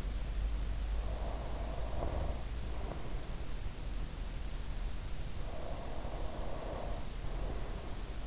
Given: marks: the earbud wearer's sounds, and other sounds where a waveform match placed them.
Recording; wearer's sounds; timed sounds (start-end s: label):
sounds in sleep by an in-ear microphone; breath
0.96-3.56 s: breath
5.38-8.27 s: breath